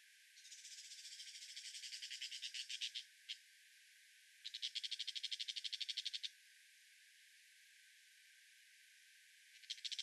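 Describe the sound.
Brown shrike harsh chattering call in repeated bursts: a long grating rattle, one separate note, a second rattle after a pause, and a third starting at the end.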